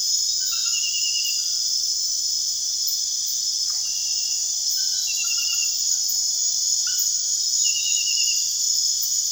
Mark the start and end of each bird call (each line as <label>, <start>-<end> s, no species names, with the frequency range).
bird call (0.1-2.0 kHz), 3.71-6.07 s